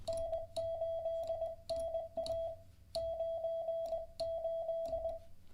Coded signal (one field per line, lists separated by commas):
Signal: Morse code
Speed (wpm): 20 wpm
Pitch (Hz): 660 Hz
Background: none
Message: N8NA 98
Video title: How to Learn Morse Code LIVE with N0SSC (Day 28)